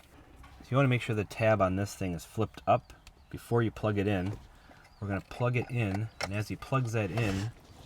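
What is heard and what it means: Someone talks while a plastic wiring harness plug with its locking tab flipped up is handled and pushed toward the back of the replacement stereo touchscreen in a 2018-2021 Jeep Compass, fitted because the old screen was delaminated. Nothing has seated or clicked yet; the clip ends before the tab is pressed down to lock the plug in place.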